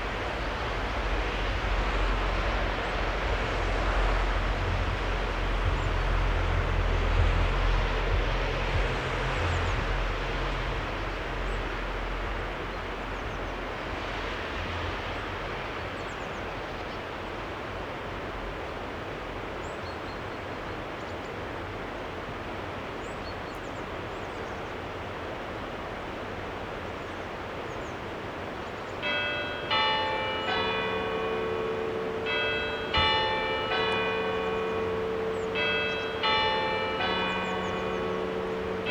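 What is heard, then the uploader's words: Church bells ring out near a cemetery, starting about thirty seconds in with clear, bright, repeating strokes that overlap and ring on. Before that, a steady outdoor hush with a low rumble of a passing vehicle fills the first fifteen seconds, then fades to quiet. Soundscape - Lauterbach Church. At the cemetery with the view of the church.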